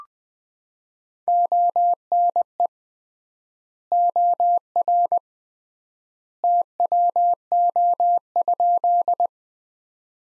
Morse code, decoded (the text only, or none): ONE OR TWO?